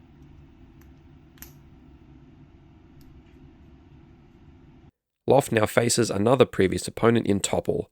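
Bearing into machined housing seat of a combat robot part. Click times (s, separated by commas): 1.4 s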